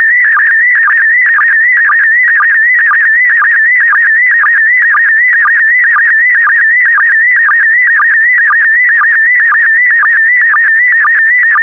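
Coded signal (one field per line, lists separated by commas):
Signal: SSTV (slow-scan television)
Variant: PD120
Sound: warbling tone around 2 kHz with regular low sync chirps twice a second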